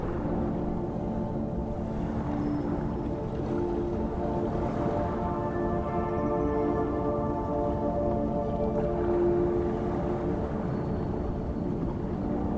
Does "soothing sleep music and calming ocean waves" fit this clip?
yes